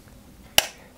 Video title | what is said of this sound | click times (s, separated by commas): Construisez la moto de Valentino Rossi 1/4 @SpotTVAltaya 63/68 | se clipse bien là où ça doit se clipser | 0.6 s